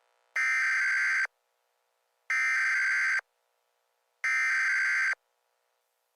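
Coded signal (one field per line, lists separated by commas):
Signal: Emergency Alert System (SAME) tones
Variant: header bursts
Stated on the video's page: Fictional remastered Christmas-themed EAS scenario, not a real alert.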